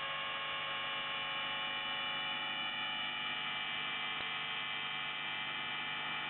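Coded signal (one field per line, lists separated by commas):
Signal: channel marker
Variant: UVB-76 (The Buzzer)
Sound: a steady, harsh, rasping buzz that drones on without a break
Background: radio static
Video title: NZhTI S28 4625kHz USB 0757UTC 04/03/2023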